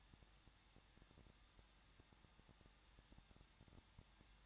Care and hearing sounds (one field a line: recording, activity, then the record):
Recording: daily activity, microphone in the room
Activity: no activity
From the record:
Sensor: 3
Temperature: 21.2 degrees Celsius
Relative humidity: 36.3%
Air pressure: 1006.3 hPa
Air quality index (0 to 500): 222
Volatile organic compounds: 41 ppm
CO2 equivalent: 3166 ppm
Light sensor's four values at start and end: 2/3/2/2 and 2/3/2/2